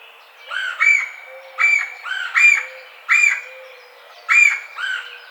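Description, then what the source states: Red-bellied woodpecker calling burry, rolling notes at irregular intervals, some paired, with a thin steady tone underneath. Recorded 4 May 2009.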